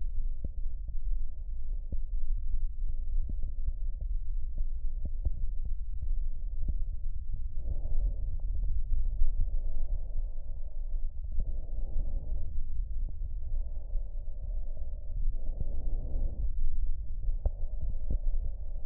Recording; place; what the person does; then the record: lung sounds by stethoscope; left anterior apical chest; quiet breathing, then deep breathing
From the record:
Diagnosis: asthma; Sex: female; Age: 74 years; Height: 155 cm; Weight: 63 kg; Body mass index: 26.2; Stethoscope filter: extended mode